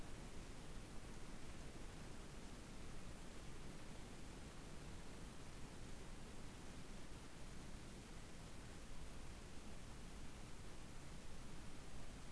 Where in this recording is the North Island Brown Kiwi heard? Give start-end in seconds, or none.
none